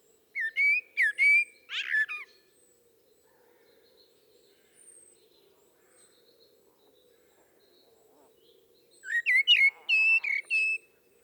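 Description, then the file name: Common blackbird song: a phrase of whistled notes with a squeaky flourish, a long pause, then a second warbled whistling phrase. "Turdus merula"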